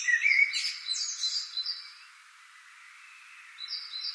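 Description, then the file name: Common blackbird singing a mellow, fluty warble with a high scratchy twitter at the start, then a quiet pause before a few high repeated notes. "Turdus merula"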